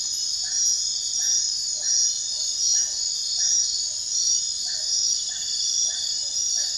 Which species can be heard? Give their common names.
none